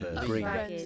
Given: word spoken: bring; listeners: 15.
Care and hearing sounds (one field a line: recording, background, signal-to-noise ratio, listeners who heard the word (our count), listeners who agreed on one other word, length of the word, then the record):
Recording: one English word in noise, from a listening test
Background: four-talker babble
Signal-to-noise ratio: -0.3 dB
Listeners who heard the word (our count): 1 of 15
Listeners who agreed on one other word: 8 of 15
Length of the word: 0.46 s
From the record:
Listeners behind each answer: 8, 1, 1, 1, 1, 1, 1, 1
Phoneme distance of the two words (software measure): 30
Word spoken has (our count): 1 syllable, 4 phonemes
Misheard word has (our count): 1 syllable, 4 phonemes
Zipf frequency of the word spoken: 5.40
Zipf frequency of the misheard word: 5.22